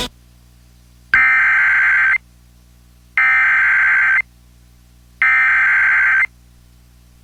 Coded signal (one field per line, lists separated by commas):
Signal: Emergency Alert System (SAME) tones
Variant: header bursts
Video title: EARLY-DECEMBER DESTRUCTION | EAS Alerts from 12/10/2021 (EAS #857-874)